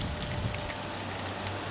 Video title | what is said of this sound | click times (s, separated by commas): NC700 Hugger Fitting | which is what I've just done there. I heard it click twice on the cable tie. That is now solid. | 1.5 s